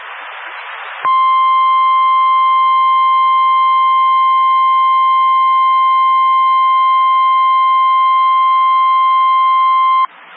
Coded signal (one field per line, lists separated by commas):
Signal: Emergency Alert System (SAME) tones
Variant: 1050 Hz attention tone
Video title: Snow Squall Warning EAS#681